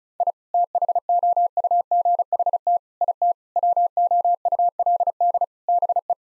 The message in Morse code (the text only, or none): I THOUGHT IT WOULD BE